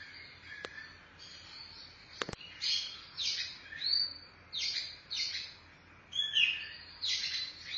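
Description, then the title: Oriental magpie-robin singing short whistled and buzzy phrases in quick succession, with a couple of sharp clicks early on and a low hiss behind. Chirping song (kicauan) of the bird. "Suara Kicauan Burung Kacer Durasi Panjang"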